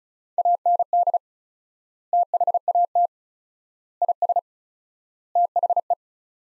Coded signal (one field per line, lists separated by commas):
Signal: Morse code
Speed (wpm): 36 wpm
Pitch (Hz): 700 Hz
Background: none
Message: AND THAT IS THE